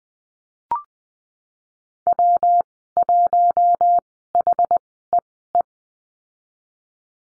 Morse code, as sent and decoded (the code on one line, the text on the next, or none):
.-- .---- .... . .
W1HEE